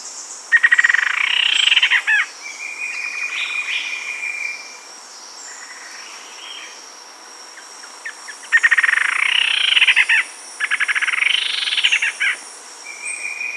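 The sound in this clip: Bird song: bursts of loud buzzy trills, each a second or two long, alternating with thinner steady notes and a high faint whine throughout.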